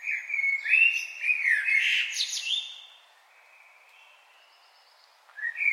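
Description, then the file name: Common blackbird singing a mellow whistled warble that breaks into thin, high twittering, followed by a pause and the start of a new phrase. "Turdus merula"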